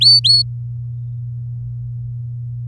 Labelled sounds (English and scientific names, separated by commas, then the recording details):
Domestic Canary (Serinus canaria) song
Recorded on 8 May 2018 at 12:06
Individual llb16